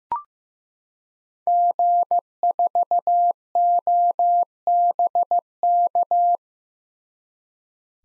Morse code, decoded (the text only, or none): G4OBK